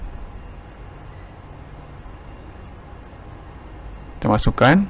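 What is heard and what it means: A second 8 TB 3.5-inch hard drive in its caddy is handled and lined up with a server drive bay in an Intel Xeon E-2224 server, ahead of being pushed home. Quiet low rumble and faint handling noise carry most of the clip, then someone talks near the end. Nothing has seated or clicked yet.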